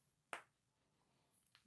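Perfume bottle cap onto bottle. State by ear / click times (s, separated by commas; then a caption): seated / 0.3 s. A velvet-covered cap is pushed back onto a perfume bottle and clips into place with a sharp snap at 0.3 s, followed by a much fainter tick at 1.6 s. The cap is seated.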